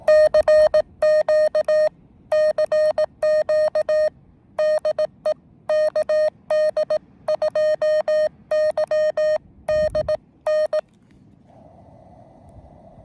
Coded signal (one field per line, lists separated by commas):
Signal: Morse code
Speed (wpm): 18 wpm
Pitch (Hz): 620 Hz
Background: none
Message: CQ CQ DE KD2YDN